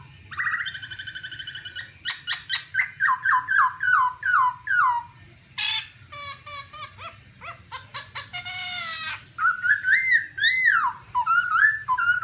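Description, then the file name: Black-throated laughingthrush song: a buzzy trill, then a series of descending whistled slurs, a harsh rasping burst and bright looping whistles, over a low hum. "tieng khuou bac ma hot"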